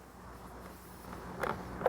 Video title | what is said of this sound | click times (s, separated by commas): Black Lever Options for Vespa GTS | they snap all in place and that's how the top Is Res uh held in place | 1.5 s, 1.8 s, 1.9 s